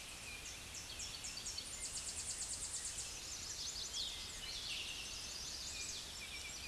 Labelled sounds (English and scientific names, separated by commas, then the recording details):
Tennessee Warbler (Leiothlypis peregrina) song
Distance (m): 5 m
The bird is about level with the microphone
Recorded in a Pennsylvania forest on 16 May 2024 at 07:25
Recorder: AudioMoth, point MSD-2039
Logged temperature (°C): 15.0 °C
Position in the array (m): 69 m, 92 m